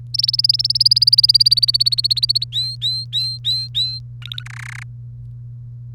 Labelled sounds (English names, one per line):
Domestic Canary song